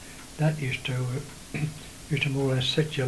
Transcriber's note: coughs